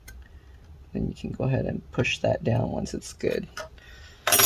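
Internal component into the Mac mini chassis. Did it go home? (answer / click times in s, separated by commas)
yes / 4.3 s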